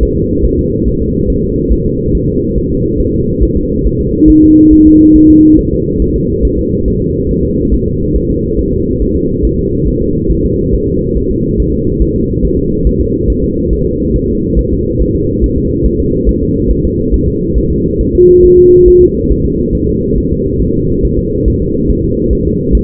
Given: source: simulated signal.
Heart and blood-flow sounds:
fetal heart sounds
0.03 s: S1
0.17 s: S2
0.46 s: S1
0.59 s: S2
0.88 s: S1
1.02 s: S2
1.30 s: S1
1.44 s: S2
1.72 s: S1
1.86 s: S2
2.15 s: S1
2.29 s: S2
2.58 s: S1
2.72 s: S2
3.00 s: S1
3.14 s: S2
3.43 s: S1
3.57 s: S2
3.87 s: S1
4.00 s: S2
4.30 s: S1
4.44 s: S2
4.73 s: S1
4.87 s: S2
5.16 s: S1
5.30 s: S2
5.59 s: S1
5.73 s: S2
6.02 s: S1
6.16 s: S2
6.45 s: S1
6.59 s: S2
6.88 s: S1
7.02 s: S2
7.31 s: S1
7.45 s: S2
7.74 s: S1
7.88 s: S2
8.16 s: S1
8.30 s: S2
8.59 s: S1
8.73 s: S2
9.02 s: S1
9.16 s: S2
9.45 s: S1
9.59 s: S2
9.88 s: S1
10.02 s: S2
10.31 s: S1
10.46 s: S2
10.75 s: S1
10.89 s: S2
11.17 s: S1
11.31 s: S2
11.60 s: S1
11.74 s: S2
12.02 s: S1
12.16 s: S2
12.45 s: S1
12.59 s: S2
12.87 s: S1
13.01 s: S2
13.30 s: S1
13.44 s: S2
13.73 s: S1
13.87 s: S2
14.16 s: S1
14.30 s: S2
14.59 s: S1
14.73 s: S2
15.02 s: S1
15.16 s: S2
15.44 s: S1
15.58 s: S2
15.86 s: S1
16.00 s: S2
16.29 s: S1
16.43 s: S2
16.71 s: S1
16.85 s: S2
17.14 s: S1
17.28 s: S2
17.58 s: S1
17.72 s: S2
18.01 s: S1
18.15 s: S2
18.45 s: S1
18.59 s: S2
18.88 s: S1
19.02 s: S2
19.31 s: S1
19.46 s: S2
19.75 s: S1
19.89 s: S2
20.18 s: S1
20.32 s: S2
20.62 s: S1
20.75 s: S2
21.05 s: S1
21.19 s: S2
21.48 s: S1
21.62 s: S2
21.91 s: S1
22.05 s: S2
22.33 s: S1
22.47 s: S2
22.75 s: S1
From the record:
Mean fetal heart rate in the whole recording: 140 bpm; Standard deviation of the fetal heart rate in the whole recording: 2 bpm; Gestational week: 34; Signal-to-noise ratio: -10.2 dB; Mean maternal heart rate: 72 bpm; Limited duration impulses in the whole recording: present

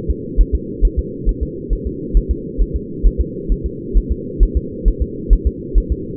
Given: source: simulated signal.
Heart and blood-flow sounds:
fetal heart sounds
0.10 s: S2
0.41 s: S1
0.55 s: S2
0.85 s: S1
0.99 s: S2
1.29 s: S1
1.43 s: S2
1.73 s: S1
1.87 s: S2
2.17 s: S1
2.31 s: S2
2.62 s: S1
2.76 s: S2
3.07 s: S1
3.21 s: S2
3.52 s: S1
3.66 s: S2
3.97 s: S1
4.12 s: S2
4.43 s: S1
4.57 s: S2
4.88 s: S1
5.02 s: S2
5.33 s: S1
5.47 s: S2
5.78 s: S1
5.92 s: S2
From the record:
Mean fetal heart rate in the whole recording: 135 bpm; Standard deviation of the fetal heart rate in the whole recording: 3 bpm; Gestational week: 36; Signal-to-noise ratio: -4.1 dB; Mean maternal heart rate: no maternal heart sound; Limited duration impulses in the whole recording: absent

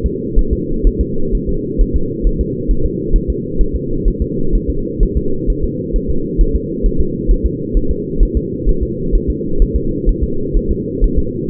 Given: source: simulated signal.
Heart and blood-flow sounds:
fetal heart sounds
0.06 s: S2
0.39 s: S1
0.53 s: S2
0.87 s: S1
1.01 s: S2
1.35 s: S1
1.49 s: S2
1.81 s: S1
1.96 s: S2
2.27 s: S1
2.41 s: S2
2.71 s: S1
2.86 s: S2
3.16 s: S1
3.30 s: S2
3.61 s: S1
3.76 s: S2
4.08 s: S1
4.22 s: S2
4.55 s: S1
4.70 s: S2
5.03 s: S1
5.17 s: S2
5.50 s: S1
5.64 s: S2
5.96 s: S1
6.10 s: S2
6.41 s: S1
6.56 s: S2
6.86 s: S1
7.01 s: S2
7.31 s: S1
7.46 s: S2
7.77 s: S1
7.91 s: S2
8.23 s: S1
8.37 s: S2
8.69 s: S1
8.83 s: S2
9.15 s: S1
9.30 s: S2
9.62 s: S1
9.76 s: S2
10.09 s: S1
10.24 s: S2
10.57 s: S1
10.71 s: S2
11.04 s: S1
11.19 s: S2
From the record:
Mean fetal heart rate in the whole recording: 130 bpm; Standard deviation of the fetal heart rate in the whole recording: 4 bpm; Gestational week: 38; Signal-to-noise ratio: -8.1 dB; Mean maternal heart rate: 72 bpm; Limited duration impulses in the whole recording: present

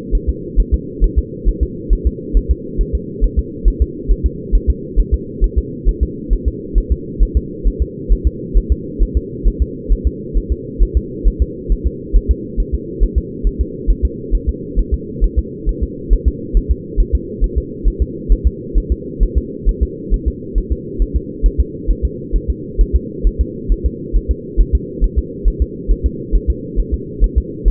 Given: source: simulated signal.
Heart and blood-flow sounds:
fetal heart sounds
0.15 s: S1
0.29 s: S2
0.60 s: S1
0.74 s: S2
1.04 s: S1
1.18 s: S2
1.49 s: S1
1.63 s: S2
1.93 s: S1
2.07 s: S2
2.37 s: S1
2.51 s: S2
2.81 s: S1
2.95 s: S2
3.24 s: S1
3.39 s: S2
3.68 s: S1
3.82 s: S2
4.11 s: S1
4.26 s: S2
4.55 s: S1
4.70 s: S2
5.00 s: S1
5.14 s: S2
5.44 s: S1
5.58 s: S2
5.89 s: S1
6.03 s: S2
6.33 s: S1
6.48 s: S2
6.78 s: S1
6.92 s: S2
7.23 s: S1
7.37 s: S2
7.67 s: S1
7.82 s: S2
8.12 s: S1
8.27 s: S2
8.58 s: S1
8.72 s: S2
9.03 s: S1
9.17 s: S2
9.47 s: S1
9.62 s: S2
9.92 s: S1
10.07 s: S2
10.38 s: S1
10.52 s: S2
10.83 s: S1
10.97 s: S2
11.28 s: S1
11.42 s: S2
11.72 s: S1
11.86 s: S2
12.16 s: S1
12.31 s: S2
12.60 s: S1
12.74 s: S2
13.03 s: S1
13.18 s: S2
13.47 s: S1
13.61 s: S2
13.91 s: S1
14.05 s: S2
14.35 s: S1
14.49 s: S2
14.79 s: S1
14.94 s: S2
15.24 s: S1
15.39 s: S2
15.69 s: S1
15.83 s: S2
16.13 s: S1
16.28 s: S2
16.57 s: S1
16.71 s: S2
17.00 s: S1
17.15 s: S2
17.44 s: S1
17.58 s: S2
17.88 s: S1
18.02 s: S2
18.32 s: S1
18.47 s: S2
18.78 s: S1
18.92 s: S2
19.23 s: S1
19.38 s: S2
19.69 s: S1
19.83 s: S2
20.14 s: S1
20.28 s: S2
20.58 s: S1
20.72 s: S2
21.02 s: S1
21.16 s: S2
21.46 s: S1
21.60 s: S2
21.91 s: S1
22.05 s: S2
22.36 s: S1
22.50 s: S2
22.81 s: S1
22.95 s: S2
23.27 s: S1
23.41 s: S2
23.72 s: S1
23.86 s: S2
24.17 s: S1
24.31 s: S2
24.61 s: S1
24.75 s: S2
25.04 s: S1
25.19 s: S2
25.48 s: S1
25.62 s: S2
25.92 s: S1
26.06 s: S2
26.35 s: S1
26.50 s: S2
26.80 s: S1
26.94 s: S2
27.24 s: S1
27.38 s: S2
27.68 s: S1
From the record:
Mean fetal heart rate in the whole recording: 135 bpm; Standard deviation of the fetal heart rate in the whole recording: 3 bpm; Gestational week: 36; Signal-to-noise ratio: -4.1 dB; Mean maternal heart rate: no maternal heart sound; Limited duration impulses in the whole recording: absent

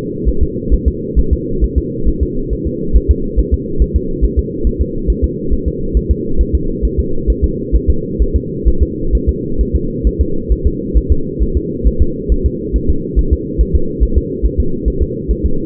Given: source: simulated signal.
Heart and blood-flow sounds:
fetal heart sounds
0.29 s: S1
0.43 s: S2
0.74 s: S1
0.88 s: S2
1.19 s: S1
1.33 s: S2
1.64 s: S1
1.78 s: S2
2.09 s: S1
2.23 s: S2
2.53 s: S1
2.67 s: S2
2.97 s: S1
3.11 s: S2
3.40 s: S1
3.54 s: S2
3.82 s: S1
3.96 s: S2
4.25 s: S1
4.39 s: S2
4.67 s: S1
4.81 s: S2
5.10 s: S1
5.24 s: S2
5.53 s: S1
5.68 s: S2
5.97 s: S1
6.11 s: S2
6.41 s: S1
6.55 s: S2
6.85 s: S1
6.99 s: S2
7.30 s: S1
7.44 s: S2
7.75 s: S1
7.90 s: S2
8.22 s: S1
8.36 s: S2
8.68 s: S1
8.82 s: S2
9.15 s: S1
9.29 s: S2
9.61 s: S1
9.75 s: S2
10.07 s: S1
10.21 s: S2
10.52 s: S1
10.67 s: S2
10.98 s: S1
11.12 s: S2
11.43 s: S1
11.57 s: S2
11.88 s: S1
12.02 s: S2
12.32 s: S1
12.46 s: S2
12.76 s: S1
12.90 s: S2
13.19 s: S1
13.33 s: S2
13.61 s: S1
13.75 s: S2
14.03 s: S1
14.18 s: S2
14.46 s: S1
14.60 s: S2
14.88 s: S1
15.02 s: S2
15.31 s: S1
15.45 s: S2
From the record:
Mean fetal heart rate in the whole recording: 135 bpm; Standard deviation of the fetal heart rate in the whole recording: 3 bpm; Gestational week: 34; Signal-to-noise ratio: -8.1 dB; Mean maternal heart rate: 72 bpm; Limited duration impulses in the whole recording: absent

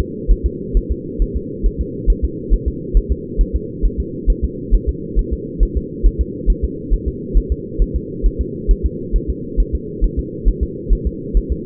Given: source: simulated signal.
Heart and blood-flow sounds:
fetal heart sounds
0.00 s: S2
0.31 s: S1
0.46 s: S2
0.77 s: S1
0.92 s: S2
1.22 s: S1
1.37 s: S2
1.66 s: S1
1.81 s: S2
2.10 s: S1
2.25 s: S2
2.54 s: S1
2.68 s: S2
2.97 s: S1
3.12 s: S2
3.41 s: S1
3.56 s: S2
3.85 s: S1
4.00 s: S2
4.30 s: S1
4.45 s: S2
4.75 s: S1
4.89 s: S2
5.19 s: S1
5.33 s: S2
5.63 s: S1
5.77 s: S2
6.06 s: S1
6.21 s: S2
6.50 s: S1
6.64 s: S2
6.94 s: S1
7.08 s: S2
7.37 s: S1
7.52 s: S2
7.82 s: S1
7.96 s: S2
8.26 s: S1
8.41 s: S2
8.71 s: S1
8.86 s: S2
9.16 s: S1
9.30 s: S2
9.60 s: S1
9.75 s: S2
10.04 s: S1
10.19 s: S2
10.48 s: S1
10.63 s: S2
10.93 s: S1
11.07 s: S2
11.37 s: S1
11.52 s: S2
From the record:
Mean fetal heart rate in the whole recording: 135 bpm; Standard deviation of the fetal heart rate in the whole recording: 3 bpm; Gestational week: 36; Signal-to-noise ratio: -4.1 dB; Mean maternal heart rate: no maternal heart sound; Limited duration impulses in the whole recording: absent

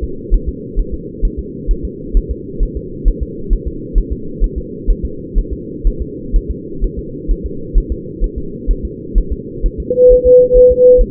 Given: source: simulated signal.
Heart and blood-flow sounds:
fetal heart sounds
0.04 s: S2
0.34 s: S1
0.49 s: S2
0.79 s: S1
0.94 s: S2
1.25 s: S1
1.39 s: S2
1.71 s: S1
1.85 s: S2
2.17 s: S1
2.31 s: S2
2.63 s: S1
2.77 s: S2
3.08 s: S1
3.22 s: S2
3.53 s: S1
3.67 s: S2
3.98 s: S1
4.12 s: S2
4.44 s: S1
4.58 s: S2
4.90 s: S1
5.05 s: S2
5.38 s: S1
5.53 s: S2
5.87 s: S1
6.02 s: S2
6.36 s: S1
6.50 s: S2
6.84 s: S1
6.99 s: S2
7.31 s: S1
7.46 s: S2
7.78 s: S1
7.92 s: S2
8.24 s: S1
8.38 s: S2
8.71 s: S1
8.85 s: S2
9.18 s: S1
9.32 s: S2
9.66 s: S1
9.80 s: S2
10.12 s: S1
10.27 s: S2
10.57 s: S1
10.72 s: S2
11.01 s: S1
From the record:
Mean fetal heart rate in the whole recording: 130 bpm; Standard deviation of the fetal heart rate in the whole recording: 4 bpm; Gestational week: 38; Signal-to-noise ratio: -4.3 dB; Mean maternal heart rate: 72 bpm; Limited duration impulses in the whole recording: present

